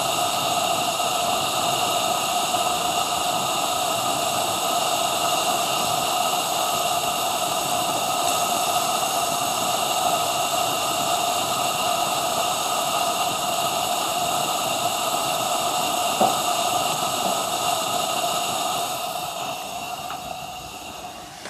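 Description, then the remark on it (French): A pressure cooker hisses steam in a loud, steady, unbroken rush with a faint whistling tone running through it, continuing for about twenty seconds before easing slightly at the end. “Donc c'est le bruit de la cocotte.”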